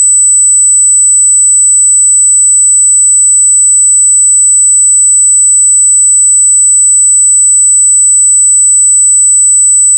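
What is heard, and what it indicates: A steady, continuous 8 kHz pure tone from a tone generator, used for tinnitus pitch matching (tinnitus determination).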